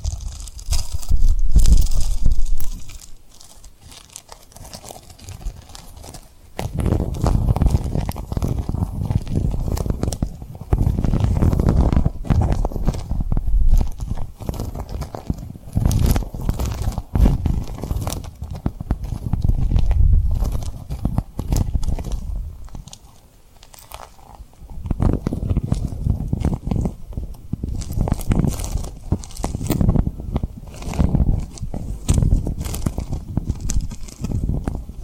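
Tapping and rubbing on a rhinestone surface, with dense crackly friction and scratchy texture running in long stretches. Louder rubbing passes fill roughly 6–22 seconds and 25–35 seconds, separated by quieter gaps with softer taps near the start and around 23 seconds.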